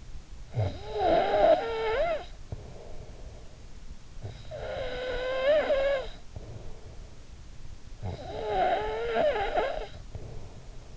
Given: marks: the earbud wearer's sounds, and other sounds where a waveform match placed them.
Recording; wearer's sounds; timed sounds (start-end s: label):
sounds in sleep by an in-ear microphone; snoring breath
0.00-10.97 s: snoring breath